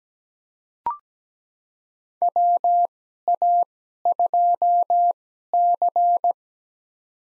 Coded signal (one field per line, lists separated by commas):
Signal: Morse code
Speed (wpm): 17 wpm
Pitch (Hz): 700 Hz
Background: none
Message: WA2C